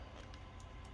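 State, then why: Not seated. A plastic piece of a Power Rangers Dino Fury Ptera Freeze Zord toy robot vehicle is handled against its mating part over a steady low rumble, with a brief faint bump at 0.3 s. Nothing has snapped or seated yet.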